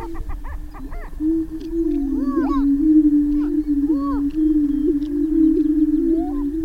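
Greater prairie chicken booming, a deep hollow hum running the whole time, with scattered rising whoops and short clucks over it.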